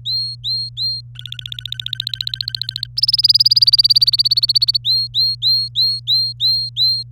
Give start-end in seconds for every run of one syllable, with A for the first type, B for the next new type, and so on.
0.05-1.01 A, 1.15-2.87 B, 2.97-4.77 C, 4.84-7.03 A